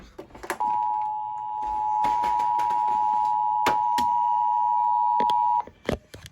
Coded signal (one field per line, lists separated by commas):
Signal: Emergency Alert System (SAME) tones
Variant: 853 and 960 Hz attention tone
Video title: EAS 577 SVR Relay